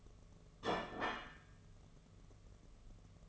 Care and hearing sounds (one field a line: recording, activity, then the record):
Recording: daily activity, microphone in the room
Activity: place plate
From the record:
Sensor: 4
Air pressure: 1015.9 hPa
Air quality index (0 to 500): 208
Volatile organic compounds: 13 ppm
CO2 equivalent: 2402 ppm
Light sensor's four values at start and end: 16/37/16/16 and 16/37/15/16